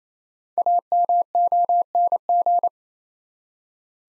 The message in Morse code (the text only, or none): AMONG